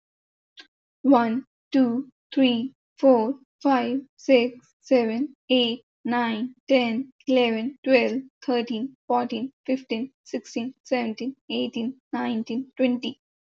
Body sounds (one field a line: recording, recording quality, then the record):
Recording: counting at a normal pace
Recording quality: excellent, no background noise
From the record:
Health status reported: healthy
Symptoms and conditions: none ticked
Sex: female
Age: 21 years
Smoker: not ticked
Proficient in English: yes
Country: India